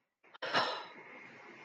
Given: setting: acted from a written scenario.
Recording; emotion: vocal sound without words; contentment